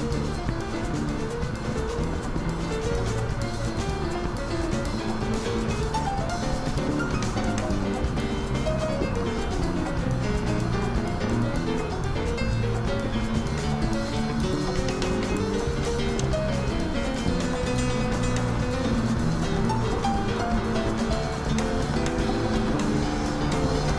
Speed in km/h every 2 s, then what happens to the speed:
68, 69, 70, 71, 73, 73, 74, 76, 76, 77, 78, 80.
0-24 speeds up to 80.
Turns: none.